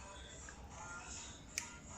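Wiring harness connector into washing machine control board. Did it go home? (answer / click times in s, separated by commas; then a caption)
yes / 1.6 s. A wiring harness connector is pressed onto the PC control board of a Samsung top-loader washing machine that was not filling with water, with colours matched red to red and white to white. A steady background hum and music run throughout. A sharp snap at 1.6 s is heard as the connector seats into the board.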